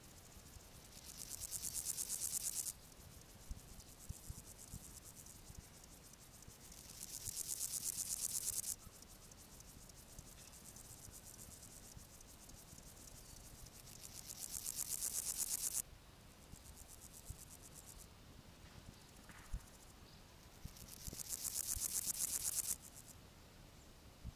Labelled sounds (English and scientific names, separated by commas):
Steppe Grasshopper (Chorthippus dorsatus) stridulation